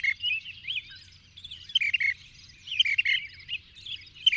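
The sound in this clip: Bird song, a continuous run of twittering, warbling notes with brighter chirps scattered throughout.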